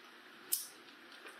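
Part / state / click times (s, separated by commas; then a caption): insulation-displacement wire connector clamped onto wires / seated / 0.5 s. A double insulation-displacement wire connector is squeezed shut with pliers onto the wires of an arcade cabinet's wiring. A single sharp click is heard at 0.5 s against a quiet background. The connector is clamped shut and seated on the wires.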